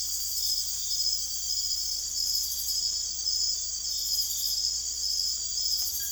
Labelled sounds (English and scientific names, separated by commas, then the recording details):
none
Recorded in secondary vegetation near Puerto Asís, Putumayo, Colombia, on 21 December 2024 at 03:00
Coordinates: 0.488, -76.319
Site GP04